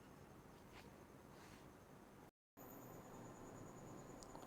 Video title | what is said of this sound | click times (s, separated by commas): How to check microwave oven capacitor & replacement | okay இப்ப கரெக்டா lock ஆயிடுச்சு | 4.2 s, 4.3 s